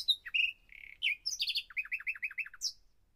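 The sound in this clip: Common nightingale song: a rich varied phrase of whistled notes, a long steady tone, then a fast series of repeated downslurred chirps ending in a high squeak.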